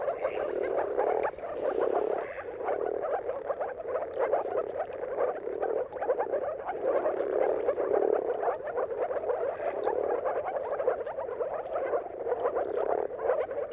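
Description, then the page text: Moor frogs in a dense mating chorus, soft bubbling, gurgling calls overlapping continuously with no pauses throughout. Chorus of many moor frogs giving mating calls at sunrise at the turn of March and April, timing depending on weather. "earth-fm Jakub-Orzecki. Depending on the weather at the turn of March and April, you can witness an amazing spectacle of moor frogs"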